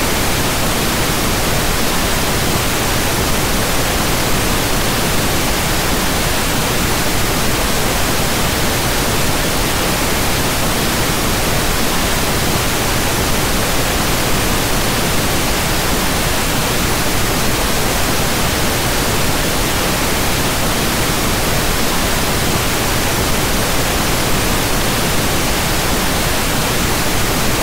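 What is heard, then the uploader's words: White noise runs the full length without change, a dense, even hiss that fills everything from the low rumble up to the brightest treble. The level stays perfectly flat, with no events, pauses or background sounds breaking the steady wash. WHITE NOISE.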